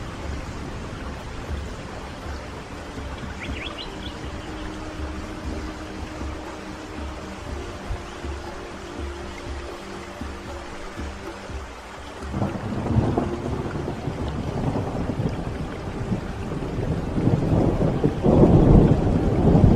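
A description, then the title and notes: Steady rain patters throughout over a low, continuous rumble of thunder. The rumble swells louder around twelve seconds and again near the end, rolling heavier in the lows while the dense rain hiss carries on unchanged. The rain gently taps on your windowpane and the distant rumble of thunder.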